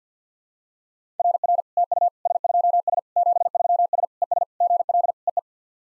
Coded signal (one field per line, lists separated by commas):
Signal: Morse code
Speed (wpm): 52 wpm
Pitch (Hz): 700 Hz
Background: none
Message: RR TU S2S 73S ES GL EE